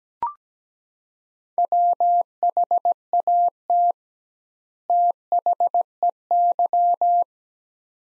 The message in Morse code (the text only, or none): WHAT THEY